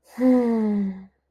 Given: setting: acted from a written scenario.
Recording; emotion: vocal sound without words; neutral